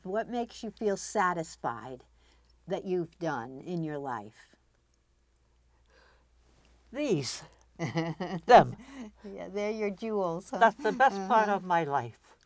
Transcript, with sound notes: What makes you satisfied, that you've done in your life?
These! [Laughs] Them.
They're you're jewels, huh? Uh-huh.
That's the best part of my life.